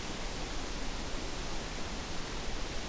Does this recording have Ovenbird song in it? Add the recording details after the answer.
no. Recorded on 23 June 2016 at 08:18. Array SBT-6-76